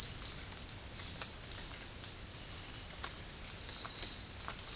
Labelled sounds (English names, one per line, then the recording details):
none
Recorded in dense forest near Puerto Asís, Putumayo, Colombia, on 21 March 2025 at 16:30
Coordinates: 0.485, -76.318
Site G056